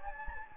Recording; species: mosquito wingbeat signal from an infrared sensor; Anopheles gambiae